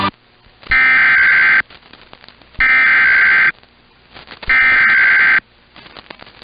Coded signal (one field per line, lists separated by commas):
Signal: Emergency Alert System (SAME) tones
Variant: header bursts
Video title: 2 More BOU SVRs (EAS #11124-11125) 5/28/23